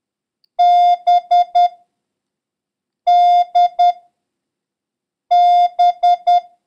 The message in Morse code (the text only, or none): BDB